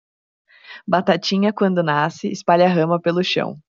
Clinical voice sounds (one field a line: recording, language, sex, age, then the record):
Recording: short text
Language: Brazilian Portuguese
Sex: female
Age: 20 to 29 years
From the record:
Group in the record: control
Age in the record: 27 years